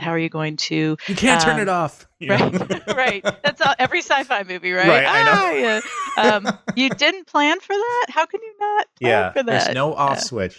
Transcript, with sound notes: How are you going to-
You can’t turn it off.
Right. [laugh] Right. That’s every sci-fi movie, right?
Right, I know. [laugh]
Ahh. You didn’t plan for that? How can you not plan for that?
Yeah. There’s no off switch.